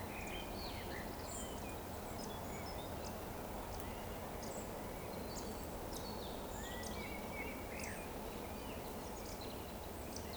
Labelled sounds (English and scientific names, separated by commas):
Eurasian Woodcock (Scolopax rusticola) whistle